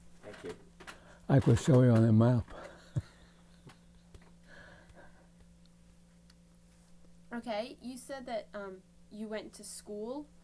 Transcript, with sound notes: Thank you.
I could show you on a map. [Laughs]
Okay. You said that you went to school....